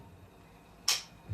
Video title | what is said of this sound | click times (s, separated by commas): YesWelder Helmet Battery Replacement Guide | just click down the back of it like so and listen for the click | 0.9 s